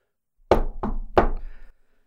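Three firm knocks on a door, the first two spaced a little wider than the last, each a dull wooden thud with a short ringing decay, and no voices.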